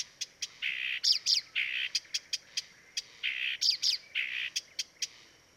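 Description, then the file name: Blyth's reed warbler song of harsh buzzy notes alternating with dry ticks and brief high chirps, the pattern repeated twice. "life dviete. acrocephalus dumetorum"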